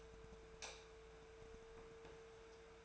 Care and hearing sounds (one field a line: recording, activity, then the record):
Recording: daily activity, microphone in the room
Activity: light off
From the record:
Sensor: 2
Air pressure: 1014.6 hPa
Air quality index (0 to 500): 187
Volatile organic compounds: 14 ppm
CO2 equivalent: 2476 ppm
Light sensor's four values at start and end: 14/41/16/16 and 9/23/9/10